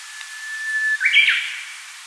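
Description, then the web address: Japanese bush warbler song: a long, even whistle that breaks into a loud, tumbling flourish, then fades. "sound Archives -Cettia diphone"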